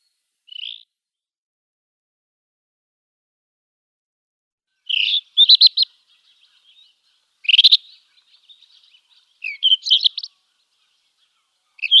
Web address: Schulze Peter Rufous-tailed Scrub-Robin song